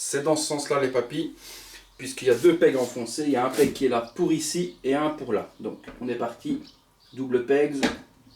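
Someone talks throughout while handling a resin section of a DC Collectibles Wonder Woman on Horseback statue, lining it up over the two pegs in its base. Nothing has seated or clicked yet.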